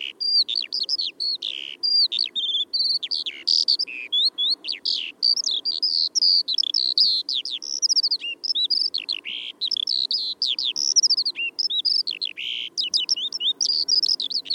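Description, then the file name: Eurasian skylark pouring out continuous, hurried song of trilled, rolling and sharply swooping notes that barely pause for the whole stretch. "Feldlerche"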